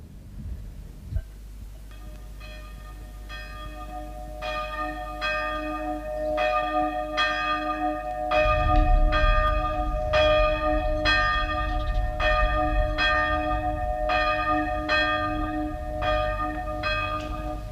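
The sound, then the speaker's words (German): Church bells toll for a funeral in a steady, repeated rhythm, each strike ringing with bright layered overtones over a continuous low hum that grows fuller about halfway through. No voices are heard. “Dieser Glocken macht mich krank. Das Begräbnis dauert schon mehr als 2 Stunden.”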